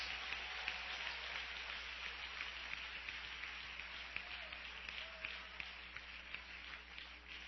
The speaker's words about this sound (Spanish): ¡Dele el mejor aplauso que le pueda dar hoy domingo! ¡Aleluya!